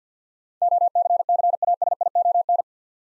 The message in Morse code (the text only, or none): OCCASION